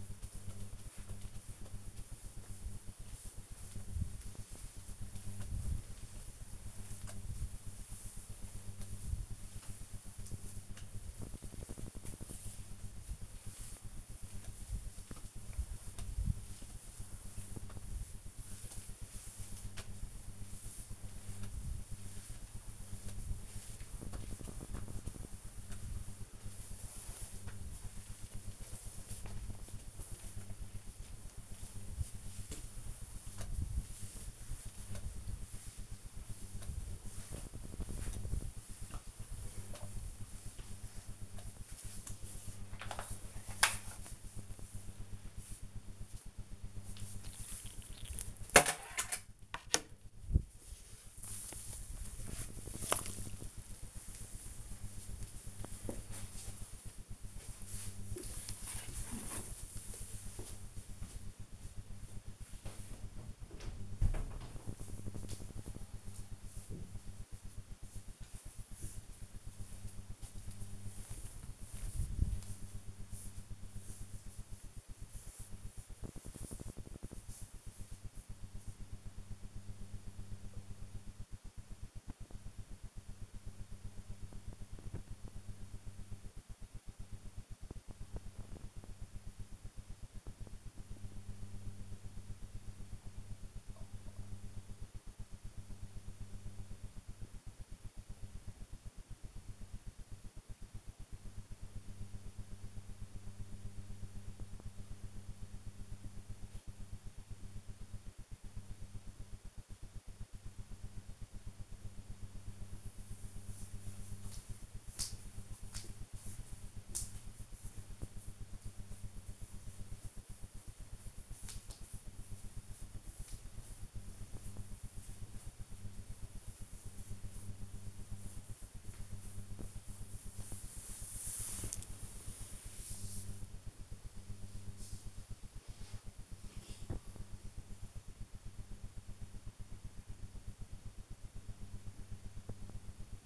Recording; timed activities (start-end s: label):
household activities, microphone on the right wrist
0.00-52.56 s: floor cleaning